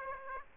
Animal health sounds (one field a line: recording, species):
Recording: mosquito wingbeat signal from an infrared sensor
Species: Aedes aegypti